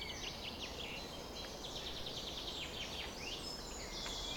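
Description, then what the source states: Birds chorusing at dawn, quick repeated chirps and thin whistles from several birds layered densely, over a low steady hum. Summer morning dawn chorus at 4:40 am.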